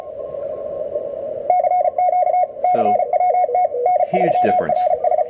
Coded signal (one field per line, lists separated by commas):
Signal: Morse code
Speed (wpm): 34 wpm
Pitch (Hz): 720 Hz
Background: speech, radio noise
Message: CQ CWT N3RS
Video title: Some More QRP Radios